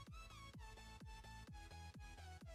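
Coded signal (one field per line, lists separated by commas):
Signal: none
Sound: music synth beeps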